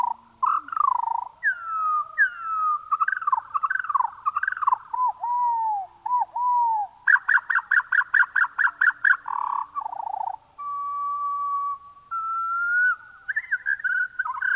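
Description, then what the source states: Eurasian skylark song, slowed: repeated downward-sliding whistles, then a long fast rattle of pulsed notes, followed by level whistles and warbles. Played slowed down.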